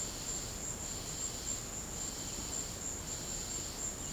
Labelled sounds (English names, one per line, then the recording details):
none
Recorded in secondary vegetation near Puerto Asís, Putumayo, Colombia, on 18 December 2024 at 15:00
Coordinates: 0.489, -76.322
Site G059